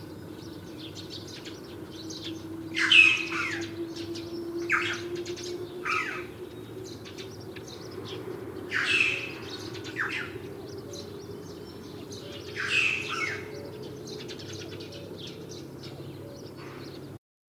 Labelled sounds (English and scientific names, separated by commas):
Red-billed Chough (Pyrrhocorax pyrrhocorax) call